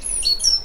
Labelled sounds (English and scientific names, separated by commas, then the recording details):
Stitchbird (Notiomystis cincta) song
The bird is a male
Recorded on Tiritiri Matangi Island, New Zealand, in 2005
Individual 10, of nest box 12